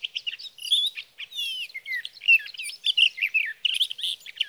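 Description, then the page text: Sage thrasher singing a rapid, varied warble of slurred whistles, buzzes and chattering notes run together continuously. Male singing through the night near his night roost, Sierra Valley, California, three nights from evening June 12 to morning June 15, 2018; Swift recorder. "61. Sage thrasher songs, through the night."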